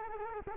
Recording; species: mosquito wingbeat signal from an infrared sensor; Culex quinquefasciatus